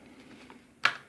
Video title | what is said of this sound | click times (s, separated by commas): Panasonic SDS EY7880 Brush Replacement (full tutorial) | There, hear that click? | 0.9 s